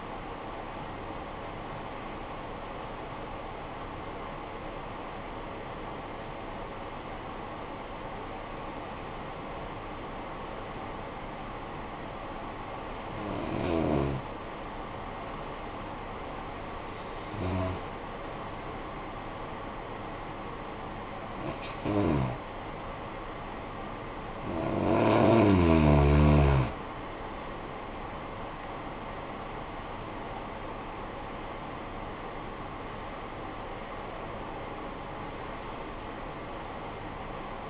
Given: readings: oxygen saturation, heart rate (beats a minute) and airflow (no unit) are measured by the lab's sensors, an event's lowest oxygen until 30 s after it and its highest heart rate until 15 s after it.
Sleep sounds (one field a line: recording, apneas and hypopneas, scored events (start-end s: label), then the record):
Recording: breathing in sleep by a voice recorder at the bedside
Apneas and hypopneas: 1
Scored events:
7.00-24.40 s: hypopnea (N1, oxygen 97% highest, then 93% lowest, heart rate 51 at the start, 67 highest)
From the record:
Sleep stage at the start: N1 (lightest sleep)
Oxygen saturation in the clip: 94 to 97%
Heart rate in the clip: 49 to 67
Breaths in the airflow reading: 8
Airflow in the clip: -13.3 to 16.3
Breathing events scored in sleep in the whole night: 445 in 7.6 hours asleep